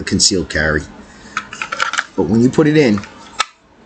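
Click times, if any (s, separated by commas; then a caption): 3.4 s. Someone talks while a pistol, either a Colt 1911 .45 ACP or a Beretta 92F 9mm, is pushed down into an outside-the-waistband retention holster with a rubber pad, and brief handling clacks are heard around 1.4–2.0 s. The holster's lock engages with a single sharp click at 3.4 s, and the pistol is seated.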